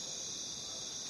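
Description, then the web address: Crickets in a dense, continuous high-pitched shimmer that holds steady without clear breaks throughout; no other sounds stand out. Jungle crickets. "the sound pack tree. jungle crickets"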